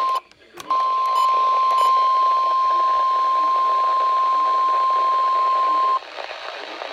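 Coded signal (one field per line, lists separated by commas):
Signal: Emergency Alert System (SAME) tones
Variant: 1050 Hz attention tone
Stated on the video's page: Real Required Weekly Test on the National Weather Service Binghamton NOAA weather radio station transmitting from Walton, NY.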